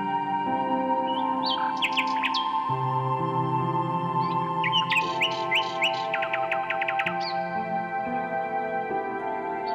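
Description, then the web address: Common nightingale song of scattered whistles, then a fast sequence of repeated sharp notes around six seconds, over persistent low chord-like drones. "Circlesandlines recordings. h wialenove - nightingale song"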